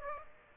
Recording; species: mosquito wingbeat signal from an infrared sensor; Aedes aegypti